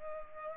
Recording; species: mosquito wingbeat signal from an infrared sensor; Culex pipiens